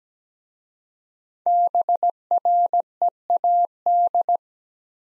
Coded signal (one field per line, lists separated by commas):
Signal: Morse code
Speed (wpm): 17 wpm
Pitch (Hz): 700 Hz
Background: none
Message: BREAD